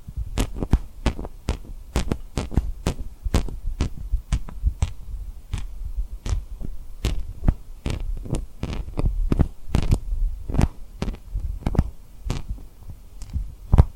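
Sharp taps on a rhinestone lip trigger come in quick, uneven bursts, roughly two or three a second, each a crisp click with a bright edge. A steady low hum runs beneath the tapping throughout, with a few softer ticks between the louder hits.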